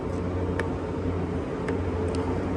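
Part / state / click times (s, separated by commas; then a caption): plastic cover cap into exterior door handle assembly / not seated / none. A plastic cover cap is pushed one-handed into the exterior door handle assembly of a 2023 Ford Expedition MAX, and two sharp taps are heard at about 0.6 s and 1.7 s over a steady low hum. The cap has not caught or clicked into place.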